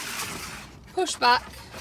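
A side-window blind in a motorhome cab window frame is being pushed back by hand toward its plastic catch while someone talks over a low steady background hum. Nothing has seated or clicked into place yet.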